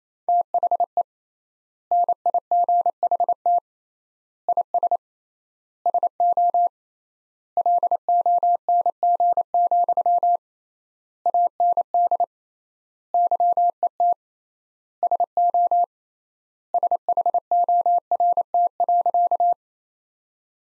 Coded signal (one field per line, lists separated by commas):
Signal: Morse code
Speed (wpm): 28 wpm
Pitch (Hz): 700 Hz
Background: none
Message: THE NIGHT IS SO LONG, AND YET SO SHORT.